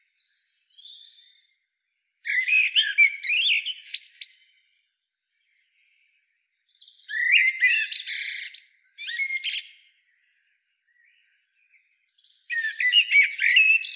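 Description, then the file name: Common blackbird giving several scratchy, chattering bursts separated by quiet gaps, with faint thin notes between them. "Turdus merula"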